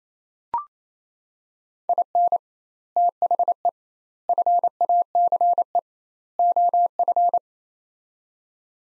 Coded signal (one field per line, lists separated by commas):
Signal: Morse code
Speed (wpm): 28 wpm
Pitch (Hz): 700 Hz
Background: none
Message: IN THE FACE OF